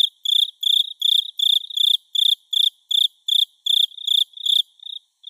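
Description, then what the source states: Cricket calling with short, bright, buzzy chirps repeated steadily about two and a half times per second. Natsu-no-tsuzuresase cricket, recorded in summer.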